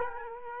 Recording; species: mosquito wingbeat signal from an infrared sensor; Culex quinquefasciatus